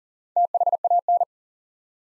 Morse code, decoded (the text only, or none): THAN